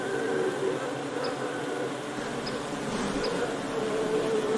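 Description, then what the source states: Honey bees buzzing, a continuous droning hum of many wings, steady in level with slight swells. Ambient honey bee wing sound, presented as ASMR background sound for work or sleep.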